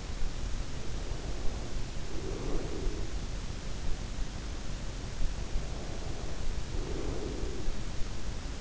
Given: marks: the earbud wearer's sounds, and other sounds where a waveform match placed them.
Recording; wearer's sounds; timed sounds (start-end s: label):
sounds in sleep by an in-ear microphone; breath
0.68-3.80 s: breath
5.42-8.61 s: breath